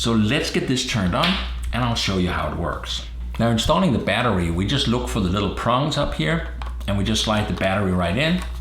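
A battery pack is slid along the small guide prongs into the battery bay of a DOBBY selfie drone while someone talks throughout. The battery has not seated or clicked into place yet; the clip ends just before it goes home.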